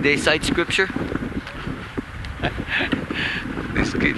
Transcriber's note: laughs